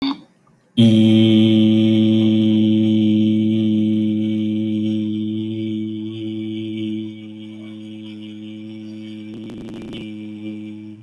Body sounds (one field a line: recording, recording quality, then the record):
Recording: sustained vowel as in beet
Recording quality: excellent, no background noise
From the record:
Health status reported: healthy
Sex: male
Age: 42 years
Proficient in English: yes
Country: India